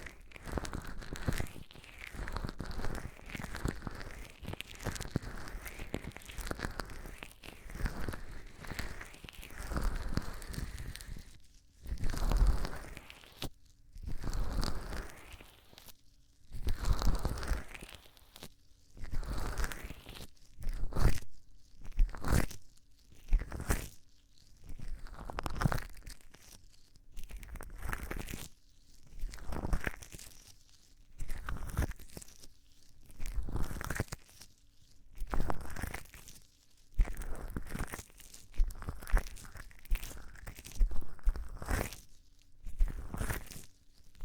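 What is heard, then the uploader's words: Gloved hands rub and squeeze foam for an ear massage, with crinkly, crunching rustles. For the first eleven seconds the rubbing is continuous and dense; after that it breaks into separate bursts of scrunching, about every second or two, with short silences between. ASMR gently massaging your Ears 3Dio Ear massage with gloves & foam.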